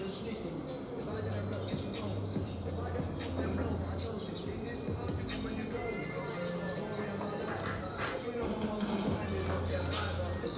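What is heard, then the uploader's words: Street music drifts in from outside a room, a steady deep bass line under murmuring voices and passing traffic, muffled throughout. I listen to music playing from the streets of Nakonde in my room at Obby’s Guesthouse, Nakonde Border Post.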